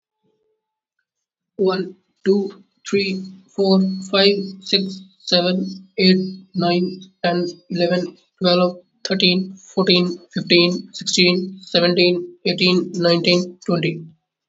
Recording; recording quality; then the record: counting at a normal pace; excellent, no background noise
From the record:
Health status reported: healthy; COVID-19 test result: negative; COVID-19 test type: RT-PCR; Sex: male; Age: 27 years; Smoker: no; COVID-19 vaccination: both doses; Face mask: not worn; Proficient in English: yes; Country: India